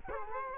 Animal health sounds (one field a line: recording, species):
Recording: mosquito wingbeat signal from an infrared sensor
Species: Culex quinquefasciatus